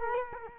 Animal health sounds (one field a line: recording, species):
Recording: mosquito wingbeat signal from an infrared sensor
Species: Culex quinquefasciatus